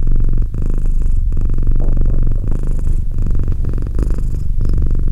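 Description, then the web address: Domestic cat purr, a steady low buzzing rumble with fine rapid pulsing and faint breathy noise layered over it. "Cat Purr 201308 Cat purr"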